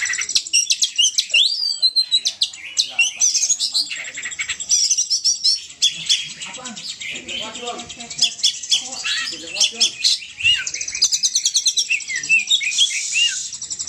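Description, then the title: Oriental magpie-robin singing continuously, a dense run of shrill chirps, trills and slurred whistles, with rapid buzzy rattles in places and no break in the song. Champion songbird; song performed in the excellent 'ngobra' singing style. "Kacer Juara Ngobra Istimewa"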